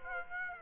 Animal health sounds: mosquito wingbeat signal from an infrared sensor; Aedes aegypti

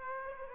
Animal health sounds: mosquito wingbeat signal from an infrared sensor; Aedes aegypti

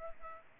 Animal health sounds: mosquito wingbeat signal from an infrared sensor; Culex pipiens

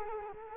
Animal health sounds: mosquito wingbeat signal from an infrared sensor; Culex quinquefasciatus

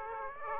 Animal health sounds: mosquito wingbeat signal from an infrared sensor; Aedes aegypti

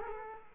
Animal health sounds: mosquito wingbeat signal from an infrared sensor; Culex quinquefasciatus

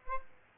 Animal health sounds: mosquito wingbeat signal from an infrared sensor; Aedes albopictus

